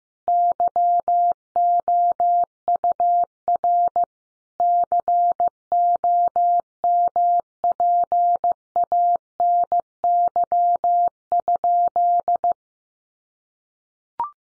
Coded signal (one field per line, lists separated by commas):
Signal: Morse code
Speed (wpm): 15 wpm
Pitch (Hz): 700 Hz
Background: none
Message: YOUR COMPANY?